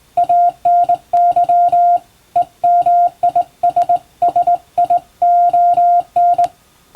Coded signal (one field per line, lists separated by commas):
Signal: Morse code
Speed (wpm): 20 wpm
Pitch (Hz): 700 Hz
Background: music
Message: ANY EMISSION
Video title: 今では貴重！縦振り電鍵で打つモールス無線電報。かつて無線通信士という職業がありました。船と陸とをつなぐ唯一の重要な仕事でした。今でも遠洋漁業無線で使われています。morse code practice